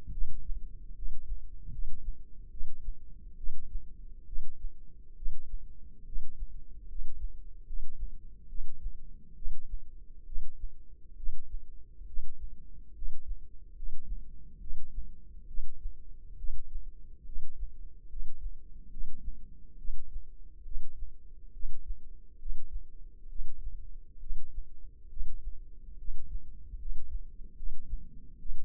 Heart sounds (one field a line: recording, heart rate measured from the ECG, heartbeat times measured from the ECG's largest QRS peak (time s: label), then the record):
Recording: heart sounds by microphone in the left ear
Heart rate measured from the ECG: 70 bpm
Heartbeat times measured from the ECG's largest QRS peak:
0.10 s: heartbeat
0.94 s: heartbeat
1.70 s: heartbeat
2.49 s: heartbeat
3.36 s: heartbeat
4.25 s: heartbeat
5.15 s: heartbeat
6.04 s: heartbeat
6.87 s: heartbeat
7.65 s: heartbeat
8.47 s: heartbeat
9.35 s: heartbeat
10.25 s: heartbeat
11.16 s: heartbeat
12.06 s: heartbeat
12.94 s: heartbeat
13.75 s: heartbeat
14.59 s: heartbeat
15.46 s: heartbeat
16.36 s: heartbeat
17.24 s: heartbeat
18.08 s: heartbeat
18.89 s: heartbeat
19.77 s: heartbeat
20.63 s: heartbeat
21.52 s: heartbeat
22.38 s: heartbeat
23.28 s: heartbeat
24.19 s: heartbeat
25.08 s: heartbeat
25.97 s: heartbeat
26.77 s: heartbeat
27.55 s: heartbeat
28.38 s: heartbeat
From the record:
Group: healthy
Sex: female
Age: 19 years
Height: 163 cm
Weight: 51 kg